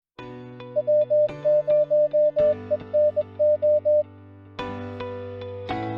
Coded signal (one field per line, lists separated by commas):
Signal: Morse code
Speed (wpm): 21 wpm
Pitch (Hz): 600 Hz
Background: music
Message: W0ENO